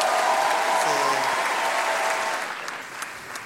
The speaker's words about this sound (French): On peut l'applaudir, merci. S'il vous plaît.